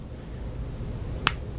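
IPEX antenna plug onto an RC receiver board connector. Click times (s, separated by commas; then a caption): 1.3 s. A new IPEX/U.FL antenna lead is pressed onto the small ring-shaped connector on a Flysky X6B RC receiver board, against a low steady background rumble. A single sharp, bright snap at 1.3 s marks the plug clicking into place and seating on the socket.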